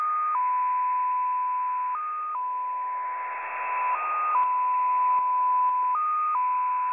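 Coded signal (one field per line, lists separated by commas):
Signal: numbers station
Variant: XPA2 slow MFSK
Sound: a steady tone that hops between two close pitches every couple of seconds, over hiss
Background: radio static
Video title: XPA2 Data Mode 21/06/2023 0930 UTC 15812kHz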